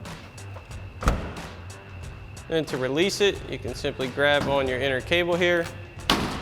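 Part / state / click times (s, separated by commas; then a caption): tonneau cover locking dowel into truck bed rail / released / 6.1 s. Someone talks while pulling the inner release cable on a RedRock soft roll-up tonneau cover fitted to a 2007-2018 Sierra 1500, with a low thump near 1.0 s. At 6.1 s a sharp, strong hit sounds as the locking dowels release from the truck bed rail and the cover pops back up.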